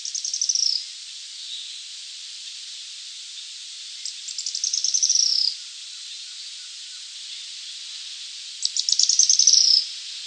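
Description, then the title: Araucaria tit-spinetail singing three times, roughly every four seconds, each a high, rapid trill ending in a thin descending buzz. "LuckyPassaro Completos2Sama. Araucaria Tit-Spinetail (Leptasthenura setaria)"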